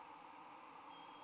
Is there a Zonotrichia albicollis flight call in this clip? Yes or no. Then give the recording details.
no. No flight call is heard. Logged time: 11:14 on 20 December 2014